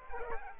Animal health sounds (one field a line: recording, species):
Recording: mosquito wingbeat signal from an infrared sensor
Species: Aedes aegypti